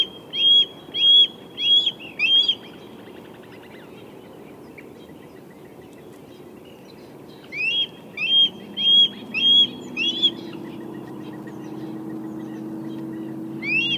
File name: Red tailed Hawk Buteo jamaicensis